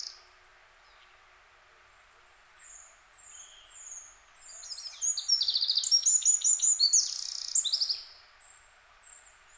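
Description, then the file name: Eurasian wren: faint high notes, then a loud rapid song of ringing trills and chatters for about three seconds before trailing off. "Troglodytes troglodytes"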